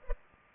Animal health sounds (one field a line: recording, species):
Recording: mosquito wingbeat signal from an infrared sensor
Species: Culex pipiens